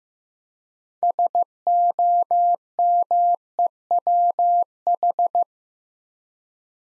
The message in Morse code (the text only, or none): SOMEWH